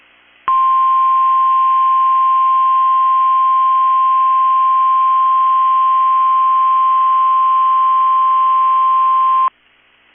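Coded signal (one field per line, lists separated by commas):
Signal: Emergency Alert System (SAME) tones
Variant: 1050 Hz attention tone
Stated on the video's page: Required Weekly Test on a NOAA Weather Radio station.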